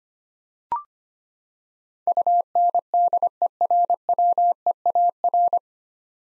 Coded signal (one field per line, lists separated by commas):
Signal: Morse code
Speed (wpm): 25 wpm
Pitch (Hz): 700 Hz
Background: none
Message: UNDERWEAR